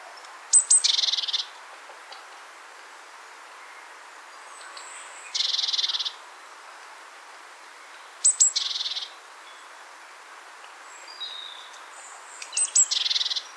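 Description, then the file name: Great tit calls: four rasping, pulsed churrs, most opening with sharp high notes, separated by quiet gaps of a few seconds. "Parus major"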